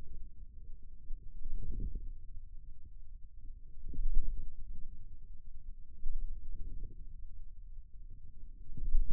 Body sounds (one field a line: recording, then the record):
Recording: forearm muscle sounds (acoustic myography)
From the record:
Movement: wrist flexion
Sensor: system 2, bracelet of six BSWA MPA416 microphones around the upper forearm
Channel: 1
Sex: male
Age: 22 years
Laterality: right